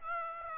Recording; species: mosquito wingbeat signal from an infrared sensor; Aedes aegypti